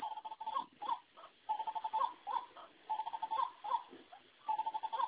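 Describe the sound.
White-breasted waterhen giving rapid repeated croaks, clustered into short stuttering bursts about every second, each note nasal and mid-pitched.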